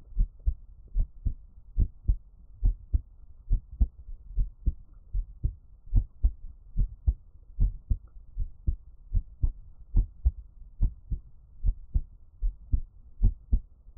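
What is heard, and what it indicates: Steady, regular paired heartbeat thumps at about 72 beats a minute, heard up close from an adult's own heart, with no talking, in an ASMR setting.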